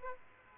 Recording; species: mosquito wingbeat signal from an infrared sensor; Aedes aegypti